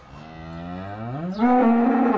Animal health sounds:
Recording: contact call of a hoofed animal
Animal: cattle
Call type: low-frequency (closed-mouth) or high-frequency (open-mouth) call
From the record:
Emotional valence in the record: negative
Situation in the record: full separation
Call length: 2.2 s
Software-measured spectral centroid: 920 Hz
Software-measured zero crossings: 1160 a second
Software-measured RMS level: -22 dBFS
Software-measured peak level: -8 dBFS

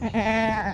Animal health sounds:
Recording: contact call of a hoofed animal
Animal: goat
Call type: low-frequency (closed-mouth) or high-frequency (open-mouth) call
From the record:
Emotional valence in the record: negative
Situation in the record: short social isolation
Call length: 0.74 s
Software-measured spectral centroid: 1860 Hz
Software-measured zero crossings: 1500 a second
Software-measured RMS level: -24 dBFS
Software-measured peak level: -11 dBFS

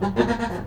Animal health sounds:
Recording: contact call of a hoofed animal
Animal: goat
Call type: low-frequency (closed-mouth) or high-frequency (open-mouth) call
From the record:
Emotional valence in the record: positive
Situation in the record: food anticipation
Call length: 0.67 s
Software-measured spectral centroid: 1620 Hz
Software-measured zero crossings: 1210 a second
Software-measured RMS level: -23 dBFS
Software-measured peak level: -5 dBFS

